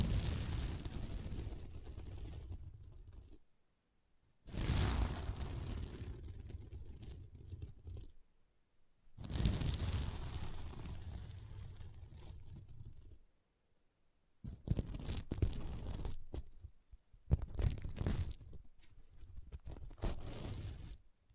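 Sequins on a mermaid pillow are scratched in long rough strokes, each a few seconds of dense raspy rubbing with a low rumble underneath. The strokes stop and start with short silent gaps, and later passes turn choppier with brighter, crisper scrapes.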